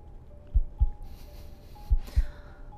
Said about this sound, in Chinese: 回房从被子里找到手机，想说话却被哽住， 只有自己不断起伏的呼吸声。